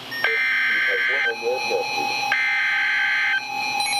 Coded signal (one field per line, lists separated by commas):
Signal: Emergency Alert System (SAME) tones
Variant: header bursts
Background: speech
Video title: Severe Thunderstorm Warning #2 - 08/14/15 (EAS #981)